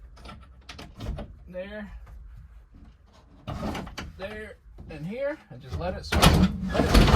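Someone talks while handling a fold-down overhead bunk in a cargo trailer camper, letting it swing down on its pivot toward its lowered position. Short sharp knocks are heard around 0.7–1.2 s and again near 4.0 s, followed by louder rattling and clattering toward the end. The bunk has not locked into place yet.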